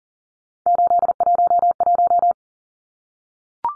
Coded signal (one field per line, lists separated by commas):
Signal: Morse code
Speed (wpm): 40 wpm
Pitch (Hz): 700 Hz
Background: none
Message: 811